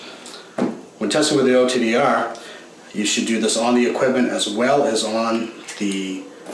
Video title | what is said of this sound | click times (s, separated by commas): One-Click Cleaner - How to clean fiber optic connectors. | to the connector on the inside of the unit just by simply pressing until you hear the click when | 0.6 s